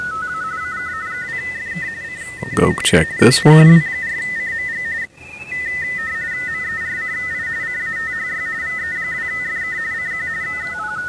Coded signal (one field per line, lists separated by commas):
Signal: RTTY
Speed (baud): 45.45 baud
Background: speech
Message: VE2FK CATHY TN W4CMG MERCI CATHY VE2FK CQ